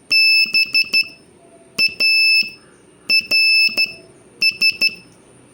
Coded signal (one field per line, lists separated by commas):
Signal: Morse code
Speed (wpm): 12 wpm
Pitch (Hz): 2650 Hz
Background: none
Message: BARS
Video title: Morse Code Practice Session 7